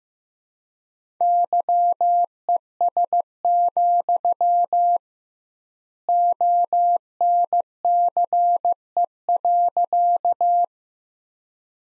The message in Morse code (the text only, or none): YES, ONCE.